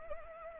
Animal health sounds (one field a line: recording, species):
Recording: mosquito wingbeat signal from an infrared sensor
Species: Anopheles arabiensis